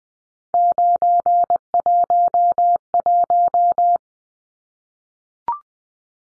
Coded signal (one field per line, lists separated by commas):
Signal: Morse code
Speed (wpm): 20 wpm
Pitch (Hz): 700 Hz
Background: none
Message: 911